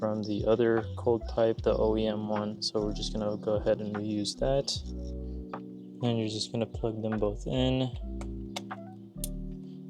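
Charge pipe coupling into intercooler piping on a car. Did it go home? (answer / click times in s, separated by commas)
yes / 8.6 s, 9.2 s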